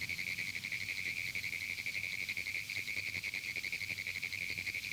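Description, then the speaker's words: Pinewoods tree frog gives a continuous rattle of quick, evenly pitched tapping pulses, slightly irregular in rhythm. Hyla femoralis; found in pineland habitats statewide; its erratic call has been likened to Morse code. "The erratic call of the Pinewoods tree frog has been likened to Morse code."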